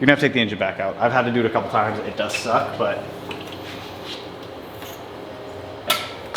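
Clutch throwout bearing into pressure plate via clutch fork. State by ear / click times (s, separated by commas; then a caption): seated / 5.9 s, 6.4 s. Someone talks while the clutch fork on a Subaru WRX is pushed back by hand after the engine is installed. The throwout bearing clicks onto the clutch pressure plate at 5.9 s and again at 6.4 s, and it is seated.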